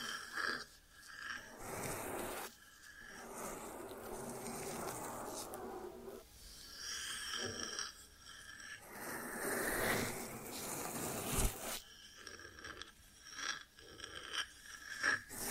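ASMR ear treatment sounds: dense, crackly scraping and rustling textures that swell and drop in uneven bursts. Brief silent gaps break the sound around 1, 2.5, 6, 8 and 11.5 seconds, with sharp clicky taps and a bright hissy surge near 10 seconds.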